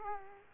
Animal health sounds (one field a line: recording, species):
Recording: mosquito wingbeat signal from an infrared sensor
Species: Aedes aegypti